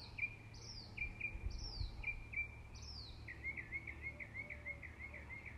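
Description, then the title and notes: Bird song with high descending swept notes answered by short sharp chirps, ending in a fast run of looping chirped notes. Morning birdsong. "birds 🐦 singing. Good Morning"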